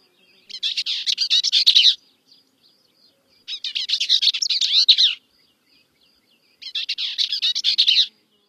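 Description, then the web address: Bell's vireo song: three hurried, buzzy, tumbling phrases, each about one and a half seconds, delivered roughly every three seconds against a silent background. Recorded in North America. "Songs of Birds of North America Stokes. Bells Vireo"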